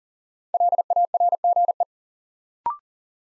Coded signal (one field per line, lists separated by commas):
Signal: Morse code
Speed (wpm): 40 wpm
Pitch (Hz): 700 Hz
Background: none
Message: LARGE